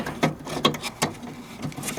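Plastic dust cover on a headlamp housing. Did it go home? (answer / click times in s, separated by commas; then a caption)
no / none. The plastic rear dust cover of an H4 car headlamp housing is handled while being fitted, producing short plastic taps and rubbing sounds, with a sharp knock near 0.7 s and another at the very end. Nothing has seated or clicked yet; the clip ends just before the cover snaps closed.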